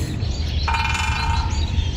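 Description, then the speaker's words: Great Spotted Woodpecker drumming on metal, a ringing steady roll that starts sharply partway through and holds for under a second, over low rumbling background noise. Drums every morning, Sundays included, on top of a metal siren mast in a village of 200 people in the Emsland, Germany; serves as the village's alarm clock. "Ein Buntspecht. Den habt ihr gerade gehört."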